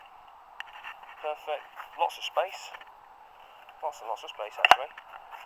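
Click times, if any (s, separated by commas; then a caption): none. Someone talks while handling the lid of a luggage pannier on a Suzuki DL 1000 V-Strom motorcycle, moving it toward its case latch to push it shut. Nothing has seated or clicked yet; the lid is not yet latched by the end of the clip.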